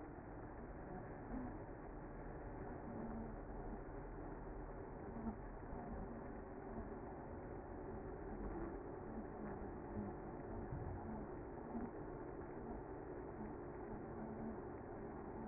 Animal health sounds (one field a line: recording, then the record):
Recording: honeybee colony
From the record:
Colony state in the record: active